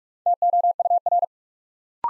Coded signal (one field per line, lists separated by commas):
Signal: Morse code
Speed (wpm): 44 wpm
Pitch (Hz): 700 Hz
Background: none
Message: TOUR